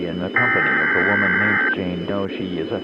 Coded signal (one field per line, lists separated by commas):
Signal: Emergency Alert System (SAME) tones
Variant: header bursts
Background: speech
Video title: EAS MOCK: Child Abduction Emergency